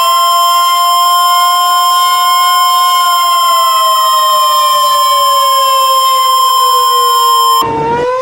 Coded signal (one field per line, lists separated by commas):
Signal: Emergency Alert System (SAME) tones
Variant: 1050 Hz attention tone